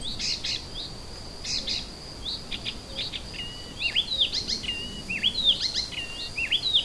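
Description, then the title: Icterine warbler song with harsh bursts followed by repeated nasal slurred whistles and squeaky notes, over a faint steady high whine. Kirchdorf, Germany. "Kirchdorf, Deutschland - Gelbspötter"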